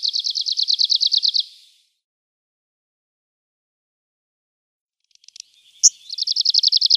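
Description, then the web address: Arctic warbler song: the end of one rapid high trill, a long silence, a few ticking notes and a sharp call, then another fast trill begins. "Schulze Peter Arctic Warbler"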